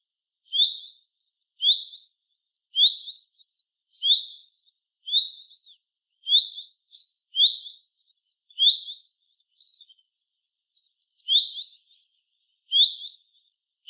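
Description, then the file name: Common chaffinch repeating a clipped, bright call note about once a second, roughly eleven times, with a longer pause near the end. "Fringilla coelebs"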